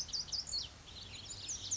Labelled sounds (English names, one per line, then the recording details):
Lazuli Bunting
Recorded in Sonoma County, California